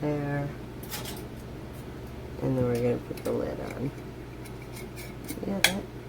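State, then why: Seated. Someone talks while a metal canning lid is put on a glass jar of hot grape jelly, with light metal and glass clinks in between. A loud, sharp click comes at 5.6 seconds, possibly the lid's seal popping down rather than the lid being pushed home. The lid has seated.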